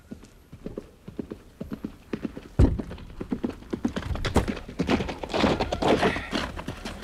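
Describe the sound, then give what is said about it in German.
A horse's hooves clop near the gate of Dresden in a steady, uneven rhythm of sharp hollow knocks, growing busier and denser partway through, with a heavy thump near the middle and faint rustling underneath. “Majestät, hier mein Pferd.”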